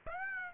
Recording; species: mosquito wingbeat signal from an infrared sensor; Aedes aegypti